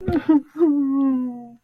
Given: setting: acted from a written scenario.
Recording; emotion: vocal sound without words; sadness